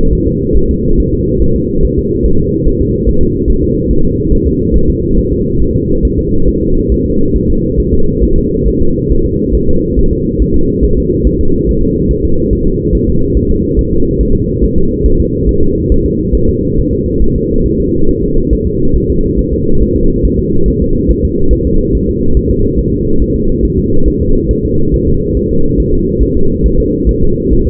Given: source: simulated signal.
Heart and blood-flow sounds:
fetal heart sounds
0.13 s: S1
0.27 s: S2
0.56 s: S1
0.71 s: S2
1.00 s: S1
1.14 s: S2
1.42 s: S1
1.56 s: S2
1.84 s: S1
1.99 s: S2
2.26 s: S1
2.40 s: S2
2.67 s: S1
2.82 s: S2
3.09 s: S1
3.23 s: S2
3.50 s: S1
3.64 s: S2
3.91 s: S1
4.05 s: S2
4.33 s: S1
4.47 s: S2
4.76 s: S1
4.90 s: S2
5.19 s: S1
5.32 s: S2
5.62 s: S1
5.76 s: S2
6.05 s: S1
6.19 s: S2
6.48 s: S1
6.62 s: S2
6.92 s: S1
7.06 s: S2
7.36 s: S1
7.50 s: S2
7.79 s: S1
7.94 s: S2
8.23 s: S1
8.38 s: S2
8.67 s: S1
8.81 s: S2
9.11 s: S1
9.25 s: S2
9.55 s: S1
9.69 s: S2
9.99 s: S1
10.13 s: S2
10.42 s: S1
10.56 s: S2
10.84 s: S1
10.98 s: S2
11.27 s: S1
11.41 s: S2
11.69 s: S1
11.83 s: S2
12.11 s: S1
12.25 s: S2
12.53 s: S1
12.67 s: S2
12.95 s: S1
13.09 s: S2
13.37 s: S1
13.51 s: S2
13.79 s: S1
13.93 s: S2
14.21 s: S1
14.35 s: S2
14.64 s: S1
14.78 s: S2
15.06 s: S1
15.20 s: S2
15.49 s: S1
15.63 s: S2
15.92 s: S1
16.06 s: S2
16.35 s: S1
16.49 s: S2
16.78 s: S1
16.93 s: S2
17.22 s: S1
17.36 s: S2
17.66 s: S1
17.80 s: S2
18.09 s: S1
18.23 s: S2
18.53 s: S1
18.67 s: S2
18.96 s: S1
19.10 s: S2
19.39 s: S1
19.53 s: S2
19.82 s: S1
19.97 s: S2
20.25 s: S1
20.39 s: S2
20.68 s: S1
20.82 s: S2
21.10 s: S1
21.25 s: S2
21.53 s: S1
21.67 s: S2
21.95 s: S1
22.09 s: S2
22.37 s: S1
22.51 s: S2
22.79 s: S1
22.93 s: S2
23.22 s: S1
23.36 s: S2
23.65 s: S1
23.79 s: S2
24.08 s: S1
24.22 s: S2
24.51 s: S1
24.65 s: S2
24.94 s: S1
25.08 s: S2
25.37 s: S1
25.51 s: S2
25.80 s: S1
25.94 s: S2
26.23 s: S1
26.37 s: S2
26.66 s: S1
26.80 s: S2
27.09 s: S1
27.23 s: S2
27.53 s: S1
27.67 s: S2
From the record:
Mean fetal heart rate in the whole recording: 140 bpm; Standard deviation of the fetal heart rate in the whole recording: 2 bpm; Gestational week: 34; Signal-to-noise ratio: -17.7 dB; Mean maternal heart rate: 72 bpm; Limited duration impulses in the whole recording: present

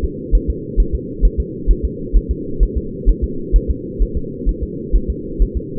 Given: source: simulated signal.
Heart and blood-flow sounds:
fetal heart sounds
0.04 s: S2
0.35 s: S1
0.50 s: S2
0.80 s: S1
0.95 s: S2
1.25 s: S1
1.40 s: S2
1.71 s: S1
1.85 s: S2
2.17 s: S1
2.31 s: S2
2.63 s: S1
2.77 s: S2
3.10 s: S1
3.24 s: S2
3.56 s: S1
3.70 s: S2
4.02 s: S1
4.17 s: S2
4.49 s: S1
4.63 s: S2
4.95 s: S1
5.10 s: S2
5.42 s: S1
5.57 s: S2
From the record:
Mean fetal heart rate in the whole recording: 130 bpm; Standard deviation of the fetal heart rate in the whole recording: 2 bpm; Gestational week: 36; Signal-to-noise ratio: -4.3 dB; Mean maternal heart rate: 72 bpm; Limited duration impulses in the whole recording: absent

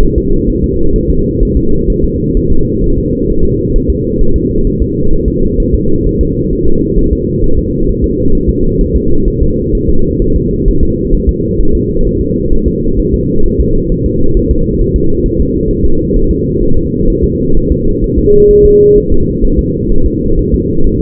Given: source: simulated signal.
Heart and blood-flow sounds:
fetal heart sounds
0.03 s: S1
0.18 s: S2
0.50 s: S1
0.64 s: S2
0.96 s: S1
1.10 s: S2
1.43 s: S1
1.57 s: S2
1.90 s: S1
2.04 s: S2
2.37 s: S1
2.52 s: S2
2.84 s: S1
2.98 s: S2
3.30 s: S1
3.44 s: S2
3.76 s: S1
3.90 s: S2
4.21 s: S1
4.36 s: S2
4.67 s: S1
4.82 s: S2
5.13 s: S1
5.28 s: S2
5.60 s: S1
5.75 s: S2
6.07 s: S1
6.21 s: S2
6.53 s: S1
6.67 s: S2
6.99 s: S1
7.13 s: S2
7.44 s: S1
7.58 s: S2
7.89 s: S1
8.04 s: S2
8.35 s: S1
8.49 s: S2
8.81 s: S1
8.96 s: S2
9.28 s: S1
9.42 s: S2
9.75 s: S1
9.89 s: S2
10.22 s: S1
10.36 s: S2
10.68 s: S1
10.83 s: S2
11.14 s: S1
11.29 s: S2
11.61 s: S1
11.75 s: S2
12.07 s: S1
12.21 s: S2
12.53 s: S1
12.68 s: S2
13.00 s: S1
13.14 s: S2
13.46 s: S1
13.61 s: S2
13.92 s: S1
14.06 s: S2
14.37 s: S1
14.51 s: S2
14.81 s: S1
14.96 s: S2
15.26 s: S1
15.40 s: S2
15.71 s: S1
15.85 s: S2
16.16 s: S1
16.31 s: S2
16.63 s: S1
16.77 s: S2
17.10 s: S1
17.24 s: S2
17.57 s: S1
17.71 s: S2
18.04 s: S1
18.18 s: S2
18.51 s: S1
18.65 s: S2
18.98 s: S1
19.12 s: S2
19.45 s: S1
19.59 s: S2
19.92 s: S1
20.06 s: S2
20.39 s: S1
20.54 s: S2
20.87 s: S1
21.01 s: S2
From the record:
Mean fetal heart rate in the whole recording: 130 bpm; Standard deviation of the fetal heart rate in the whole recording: 4 bpm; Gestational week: 38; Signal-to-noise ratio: -19.1 dB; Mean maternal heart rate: 72 bpm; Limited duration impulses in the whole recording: present

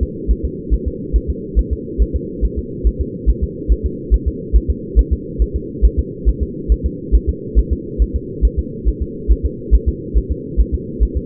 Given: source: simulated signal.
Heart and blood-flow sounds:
fetal heart sounds
0.03 s: S2
0.31 s: S1
0.45 s: S2
0.74 s: S1
0.88 s: S2
1.16 s: S1
1.30 s: S2
1.59 s: S1
1.73 s: S2
2.02 s: S1
2.16 s: S2
2.45 s: S1
2.59 s: S2
2.87 s: S1
3.01 s: S2
3.30 s: S1
3.44 s: S2
3.72 s: S1
3.86 s: S2
4.14 s: S1
4.28 s: S2
4.56 s: S1
4.70 s: S2
4.99 s: S1
5.13 s: S2
5.42 s: S1
5.56 s: S2
5.85 s: S1
5.99 s: S2
6.29 s: S1
6.43 s: S2
6.72 s: S1
6.86 s: S2
7.15 s: S1
7.29 s: S2
7.59 s: S1
7.73 s: S2
8.02 s: S1
8.16 s: S2
8.45 s: S1
8.59 s: S2
8.88 s: S1
9.02 s: S2
9.32 s: S1
9.46 s: S2
9.75 s: S1
9.89 s: S2
10.18 s: S1
10.32 s: S2
10.61 s: S1
10.74 s: S2
11.03 s: S1
11.17 s: S2
From the record:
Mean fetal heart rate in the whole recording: 140 bpm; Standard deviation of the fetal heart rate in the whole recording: 2 bpm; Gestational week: 34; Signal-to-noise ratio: -4.1 dB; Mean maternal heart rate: no maternal heart sound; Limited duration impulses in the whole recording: absent

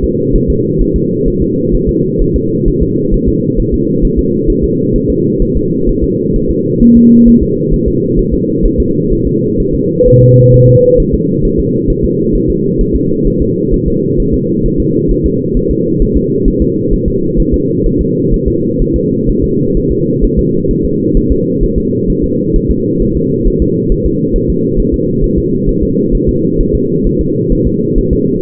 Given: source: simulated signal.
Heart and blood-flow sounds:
fetal heart sounds
0.04 s: S2
0.36 s: S1
0.50 s: S2
0.81 s: S1
0.96 s: S2
1.28 s: S1
1.42 s: S2
1.75 s: S1
1.89 s: S2
2.22 s: S1
2.36 s: S2
2.68 s: S1
2.83 s: S2
3.14 s: S1
3.29 s: S2
3.59 s: S1
3.74 s: S2
4.05 s: S1
4.19 s: S2
4.50 s: S1
4.64 s: S2
4.96 s: S1
5.10 s: S2
5.42 s: S1
5.57 s: S2
5.89 s: S1
6.04 s: S2
6.36 s: S1
6.51 s: S2
6.82 s: S1
6.97 s: S2
7.28 s: S1
7.43 s: S2
7.74 s: S1
7.88 s: S2
8.19 s: S1
8.34 s: S2
8.65 s: S1
8.80 s: S2
9.13 s: S1
9.27 s: S2
9.60 s: S1
9.75 s: S2
10.07 s: S1
10.22 s: S2
10.54 s: S1
10.69 s: S2
11.00 s: S1
11.14 s: S2
11.45 s: S1
11.60 s: S2
11.90 s: S1
12.05 s: S2
12.35 s: S1
12.50 s: S2
12.81 s: S1
12.96 s: S2
13.27 s: S1
13.42 s: S2
13.74 s: S1
13.88 s: S2
14.20 s: S1
14.34 s: S2
14.66 s: S1
14.80 s: S2
15.11 s: S1
15.26 s: S2
15.57 s: S1
15.71 s: S2
16.02 s: S1
16.17 s: S2
16.48 s: S1
16.62 s: S2
16.93 s: S1
17.08 s: S2
17.40 s: S1
17.54 s: S2
17.86 s: S1
18.01 s: S2
18.34 s: S1
18.48 s: S2
18.82 s: S1
18.96 s: S2
19.29 s: S1
19.44 s: S2
19.77 s: S1
19.92 s: S2
20.24 s: S1
20.39 s: S2
20.71 s: S1
20.85 s: S2
21.17 s: S1
21.32 s: S2
21.63 s: S1
21.78 s: S2
22.10 s: S1
22.24 s: S2
22.56 s: S1
22.71 s: S2
23.02 s: S1
23.17 s: S2
23.48 s: S1
23.62 s: S2
23.92 s: S1
24.06 s: S2
24.36 s: S1
24.50 s: S2
24.80 s: S1
24.94 s: S2
25.24 s: S1
25.38 s: S2
25.69 s: S1
25.83 s: S2
26.15 s: S1
26.29 s: S2
26.61 s: S1
26.75 s: S2
27.07 s: S1
27.21 s: S2
27.52 s: S1
27.67 s: S2
27.98 s: S1
28.13 s: S2
From the record:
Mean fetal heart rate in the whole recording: 130 bpm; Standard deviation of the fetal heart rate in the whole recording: 4 bpm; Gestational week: 38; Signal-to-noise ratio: -11.2 dB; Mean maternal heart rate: 72 bpm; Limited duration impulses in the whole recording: present

